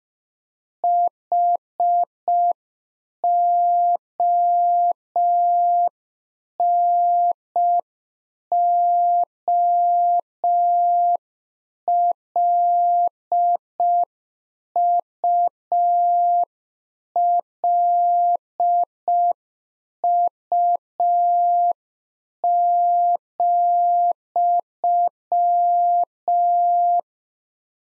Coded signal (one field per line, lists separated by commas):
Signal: Morse code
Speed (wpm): 5 wpm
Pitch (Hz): 700 Hz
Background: none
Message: HONOLULU,